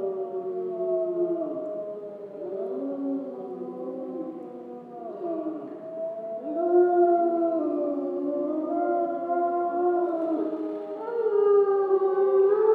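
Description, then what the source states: Grey wolf: several grey wolves howl at once, wavering tones dipping and climbing, and the chorus grows louder toward the end. Wolves recorded in Schorfheide on 29 October 2015.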